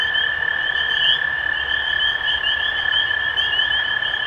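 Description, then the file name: Spring peepers in a thick chorus, peeps blurring together over a strong steady drone. Recorded 23 March 2012. "Peepers-2012-0323"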